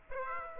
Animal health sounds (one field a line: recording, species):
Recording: mosquito wingbeat signal from an infrared sensor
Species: Aedes aegypti